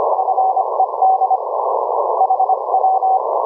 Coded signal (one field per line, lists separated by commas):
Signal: Morse code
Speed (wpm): 25 wpm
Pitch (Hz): 760 Hz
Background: radio noise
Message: FED HW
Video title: HAM RADIO - Remote Rig Audio - Remote Rig Control - live demo of REMOTE SOFTWARE during HF CW QSO